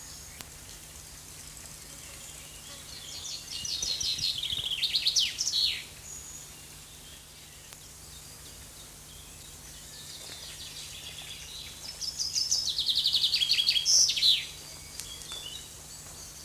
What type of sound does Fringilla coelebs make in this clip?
song